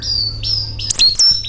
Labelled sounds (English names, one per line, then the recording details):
Stitchbird song
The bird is a male
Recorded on Tiritiri Matangi Island, New Zealand, in 2005
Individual 20, of nest box 28